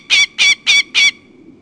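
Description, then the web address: Northern goshawk giving four loud, harsh, evenly spaced kak notes in quick succession, then silence. "Peterson North American Birds. nogo"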